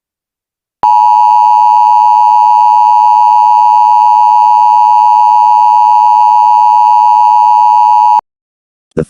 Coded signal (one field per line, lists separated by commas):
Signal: Emergency Alert System (SAME) tones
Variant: 853 and 960 Hz attention tone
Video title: EAS SCENARIO- ULTIMATE MASSACRE PART 2